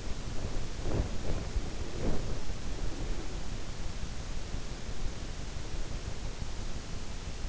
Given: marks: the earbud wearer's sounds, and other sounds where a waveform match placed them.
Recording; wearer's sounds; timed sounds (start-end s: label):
sounds in sleep by an in-ear microphone; body movement, breath
0.00-3.63 s: body movement
1.40-3.63 s: breath
4.35-6.84 s: breath